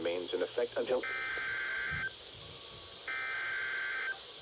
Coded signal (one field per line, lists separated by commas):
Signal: Emergency Alert System (SAME) tones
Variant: header bursts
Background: speech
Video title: Severe thunder warning! EAS 64